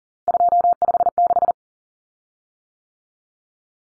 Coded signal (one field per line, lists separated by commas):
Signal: Morse code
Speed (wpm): 40 wpm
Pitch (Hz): 700 Hz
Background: none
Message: 256